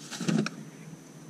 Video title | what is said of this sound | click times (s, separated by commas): OBD RESULT TEST ON MY AUDI MARK SAVAGE | But look at that, just nice and slot. You hear this little click noise. | 0.5 s